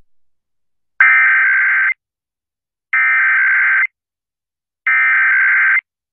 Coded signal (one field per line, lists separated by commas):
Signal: Emergency Alert System (SAME) tones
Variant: header bursts